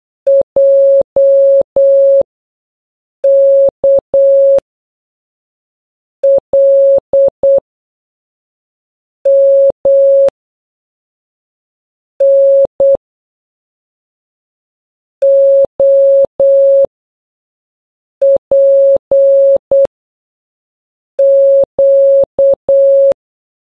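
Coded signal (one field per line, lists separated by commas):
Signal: Morse code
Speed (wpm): 8 wpm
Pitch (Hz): 550 Hz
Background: none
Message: J K L M N O P Q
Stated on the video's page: Morse code alphabet A to Z as generated beep sounds with simple example messages.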